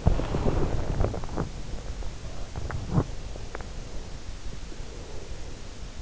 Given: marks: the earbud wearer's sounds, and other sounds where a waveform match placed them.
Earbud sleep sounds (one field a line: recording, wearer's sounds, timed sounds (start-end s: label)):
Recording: sounds in sleep by an in-ear microphone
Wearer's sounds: body movement, breath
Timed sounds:
0.00-3.77 s: body movement
4.60-5.62 s: breath